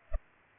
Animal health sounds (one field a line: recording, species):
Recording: mosquito wingbeat signal from an infrared sensor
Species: Culex pipiens